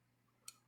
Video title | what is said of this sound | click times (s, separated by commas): 1911 complete tear down and re assembly pt 1 | you'll hear a click | 0.5 s